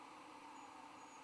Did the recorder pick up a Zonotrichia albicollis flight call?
no